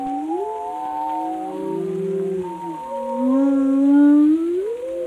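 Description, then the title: Whale moans, long drawn-out tones with a buzzy low section, then a slow rising swoop toward the end. "Whale Tales: Discovering the Stories Behind the Sounds"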